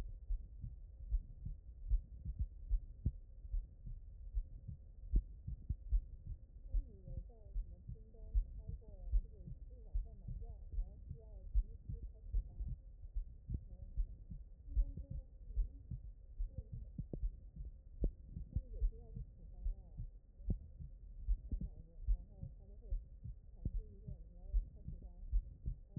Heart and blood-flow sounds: heart sounds by stethoscope; pulmonary valve (PV)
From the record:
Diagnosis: HFrEF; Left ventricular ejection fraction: 34%

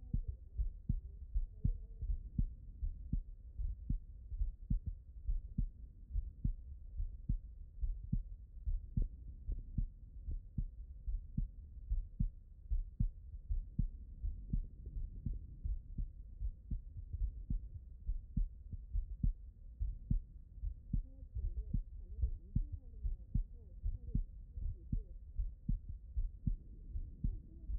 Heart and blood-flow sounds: heart sounds by stethoscope; pulmonary valve (PV)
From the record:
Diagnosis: non-HFrEF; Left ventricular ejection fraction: 66%

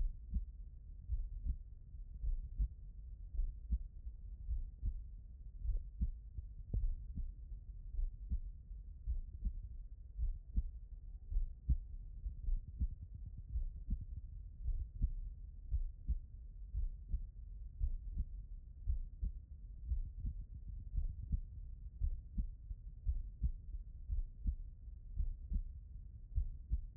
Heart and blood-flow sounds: heart sounds by stethoscope; pulmonary valve (PV)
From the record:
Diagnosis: non-HFrEF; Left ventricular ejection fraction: 67%

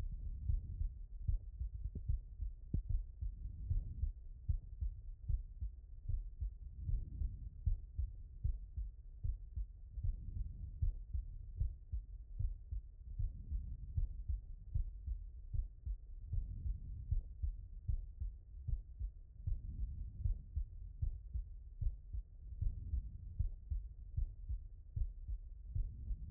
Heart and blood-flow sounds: heart sounds by stethoscope; mitral valve (MV)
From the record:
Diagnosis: non-HFrEF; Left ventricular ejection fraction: 69%

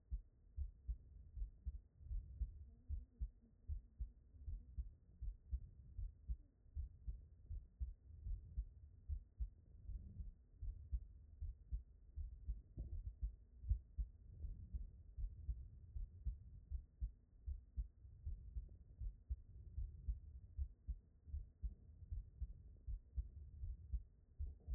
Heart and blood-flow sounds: heart sounds by stethoscope; aortic valve (AV)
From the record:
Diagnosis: non-HFrEF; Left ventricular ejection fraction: 68%

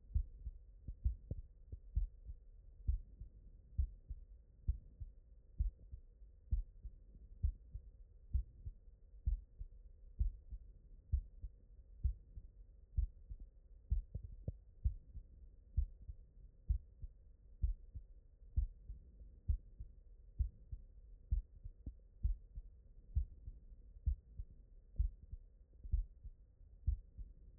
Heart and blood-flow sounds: heart sounds by stethoscope; mitral valve (MV)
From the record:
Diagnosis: non-HFrEF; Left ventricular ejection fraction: 66%

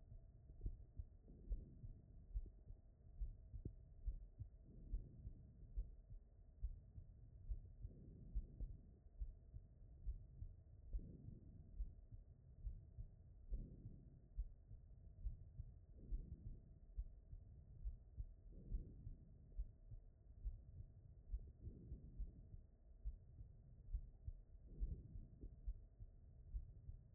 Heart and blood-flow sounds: heart sounds by stethoscope; aortic valve (AV)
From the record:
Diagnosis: non-HFrEF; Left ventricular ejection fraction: 74%

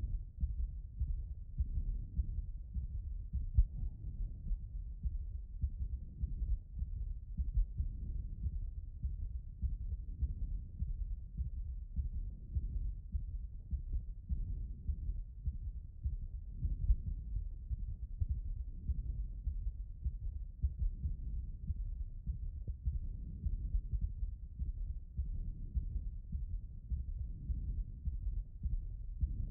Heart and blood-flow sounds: heart sounds by stethoscope; aortic valve (AV)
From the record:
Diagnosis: HFrEF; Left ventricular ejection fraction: 31%

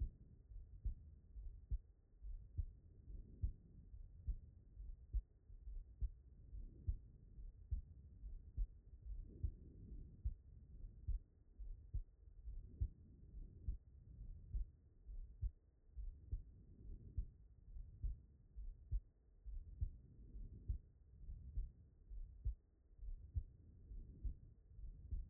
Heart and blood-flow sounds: heart sounds by stethoscope; pulmonary valve (PV)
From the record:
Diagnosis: non-HFrEF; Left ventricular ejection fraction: 57%

